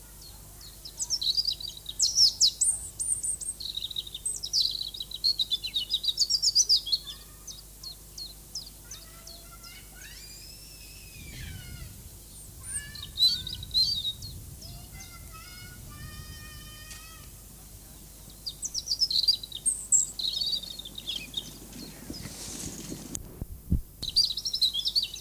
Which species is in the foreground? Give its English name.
European Robin